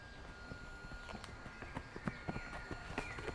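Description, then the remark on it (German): Quick, heavy footsteps of a hunter taking large, fast strides clack along a hard street in a fast, steady rhythm as he marches past, turns right and heads down the street, each step a sharp knock over a low constant hum. “Der Jäger macht große, schnelle Schritte.”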